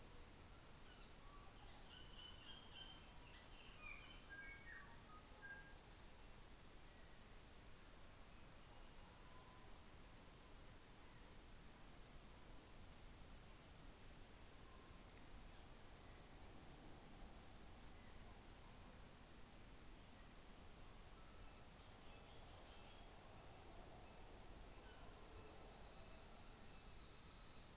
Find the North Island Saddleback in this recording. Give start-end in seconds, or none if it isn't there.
21.20-27.11